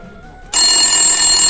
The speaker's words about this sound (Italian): Intanto scusate, mi squilla un attimo il telefono, chi è che potrebbe essere, non lo so, vediamo. Pronto? Oh. Ah ok, sta squillando.